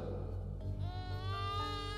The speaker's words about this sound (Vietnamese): Rồi đột nhiên từ đằng đó có tiếng trẻ sơ sinh văng vẳng truyền tới, tiếng khóc oa oa dấm dứt mãi không thôi.